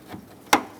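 A plastic OEM performance headlight assembly for a 2000-2005 Ford Excursion is pressed through into the front headlight opening on the other side of the vehicle. After a faint soft rustle near the start, one sharp snap is heard at 0.5 seconds, then quickly fades. The assembly seats in position, not yet locked tight, ready for the retaining clips on the back.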